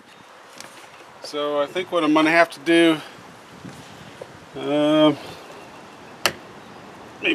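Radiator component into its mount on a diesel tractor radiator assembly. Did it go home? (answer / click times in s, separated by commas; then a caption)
yes / 6.3 s. While reassembling the radiator on a Kubota L3301 HST diesel tractor, a radiator component that was catching is given a good whack so it snaps into its mount. Someone talks, then one loud, sharp hit at 6.3 s seats the part in place.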